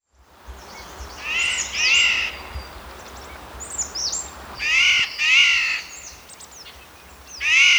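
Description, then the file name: Eurasian jay grating screech calls, mostly paired, with faint high thin notes and quiet background hiss. "Garrulus glandarius"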